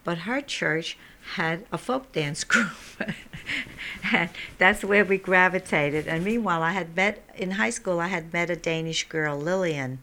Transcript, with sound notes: But her church had a folk dance group. ( she laughs ) That's where we gravitated, and meanwhile I had met, in high school I had met a Danish girl, Lillian.